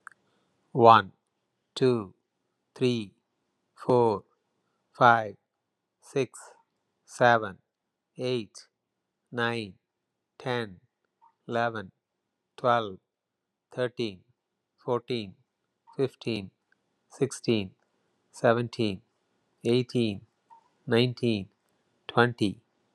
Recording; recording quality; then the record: counting at a normal pace; excellent, no background noise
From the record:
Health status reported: healthy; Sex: male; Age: 50 years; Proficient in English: yes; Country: United States